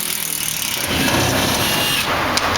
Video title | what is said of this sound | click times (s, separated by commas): How to Repair A Trailer Wall Siding | I don't like that. It didn't lock in good. | 0.3 s, 0.5 s, 2.4 s